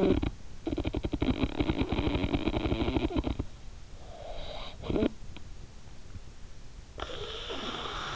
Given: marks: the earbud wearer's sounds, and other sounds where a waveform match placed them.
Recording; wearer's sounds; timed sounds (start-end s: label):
sounds in sleep by an in-ear microphone; snoring breath
0.00-8.16 s: snoring breath